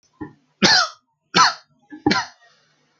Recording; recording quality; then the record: heavy voluntary cough; excellent, no background noise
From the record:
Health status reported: healthy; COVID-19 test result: not tested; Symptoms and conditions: none ticked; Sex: male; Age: 21 years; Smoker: not ticked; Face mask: not worn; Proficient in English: no